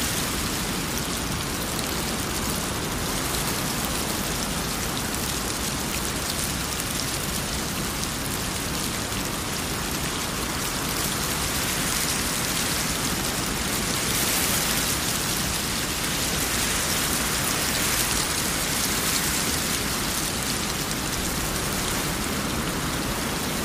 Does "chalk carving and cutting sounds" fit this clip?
no